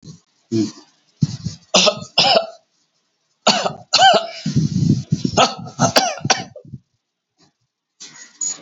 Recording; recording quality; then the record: heavy voluntary cough; moderate, slight background noise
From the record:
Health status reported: healthy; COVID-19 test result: negative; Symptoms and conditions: none ticked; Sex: male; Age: 53 years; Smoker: not ticked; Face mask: not worn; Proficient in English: yes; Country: India